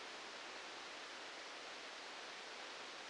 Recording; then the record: brain microelectrode recording played as sound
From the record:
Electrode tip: outside the subthalamic nucleus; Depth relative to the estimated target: -8 mm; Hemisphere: right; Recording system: NeuroSet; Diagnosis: Parkinson's disease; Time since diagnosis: 13 years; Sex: male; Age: 65 years